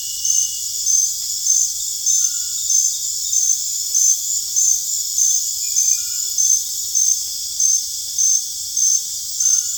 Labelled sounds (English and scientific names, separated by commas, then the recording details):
none
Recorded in dense forest near Puerto Asís, Putumayo, Colombia, on 21 December 2024 at 19:30
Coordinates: 0.484, -76.325
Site G056